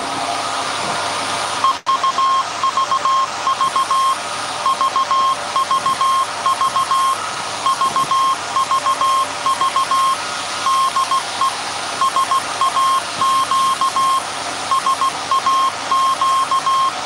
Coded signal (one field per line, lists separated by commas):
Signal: Morse code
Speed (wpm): 16 wpm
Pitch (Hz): 1070 Hz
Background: none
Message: E UVV VVV VVV DE SAQ SAQ